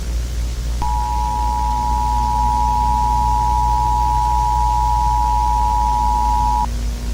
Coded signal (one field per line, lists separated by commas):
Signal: Emergency Alert System (SAME) tones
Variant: 853 and 960 Hz attention tone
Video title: Chuck E Cheese’s | A Halloween EAS Scenario